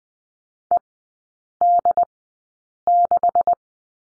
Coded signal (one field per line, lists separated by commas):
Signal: Morse code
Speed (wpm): 20 wpm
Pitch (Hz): 700 Hz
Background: none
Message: ED6